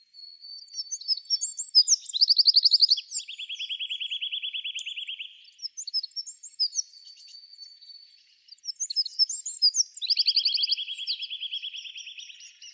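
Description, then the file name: Eurasian wren repeating its song twice: high twitters leading into a rapid trill and a long, lower, even rattle. "Troglodytes troglodytes"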